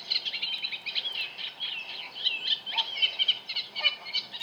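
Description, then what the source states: Sand martins giving a dense, scratchy chatter of many overlapping high twittering notes, continuous throughout. Sand martins roosting in very thick reeds at gravel pits near Tunbridge, hidden from view; described as an incredibly scratchy sound; dawn chorus.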